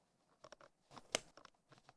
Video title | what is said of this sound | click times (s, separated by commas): Learn How to Make a Leather Wallet | And you're going to want to insert it in there till you hear a snap. | 1.1 s